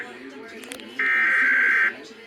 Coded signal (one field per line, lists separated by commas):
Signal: Emergency Alert System (SAME) tones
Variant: header bursts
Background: speech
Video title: EAS 5552-5584 Tests from 1/17/24-1/24/24